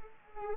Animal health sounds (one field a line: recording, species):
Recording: mosquito wingbeat signal from an infrared sensor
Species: Anopheles arabiensis